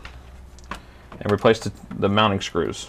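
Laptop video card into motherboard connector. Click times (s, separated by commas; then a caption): 0.7 s. A new laptop video card is lined up with its motherboard connector and pressed down until it snaps into place, with the sharp snap at 0.7 s. Faint small ticks come just before it, and afterward someone talks. The card is seated in its connector.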